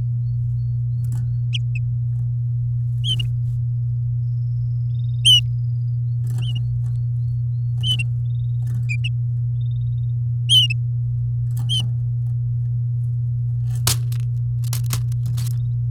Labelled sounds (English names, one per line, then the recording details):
Domestic Canary song
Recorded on 6 May 2018 at 08:44
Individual llb16